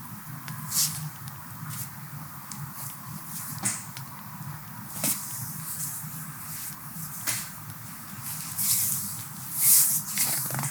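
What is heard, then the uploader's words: Feet being massaged, with a steady low rubbing murmur underneath and soft skin-on-skin strokes throughout. Brief bright hissing swishes break in irregularly, around one, five, eight and ten seconds, the loudest near the end. ASMR Feet Massage by Anna. How beautiful the oil flows down feet.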